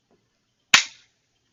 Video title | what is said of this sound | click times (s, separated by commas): Mercedes SL500 R230 Trunk soft close fix | and you just push it in there while you're holding the lever back and snap | 0.7 s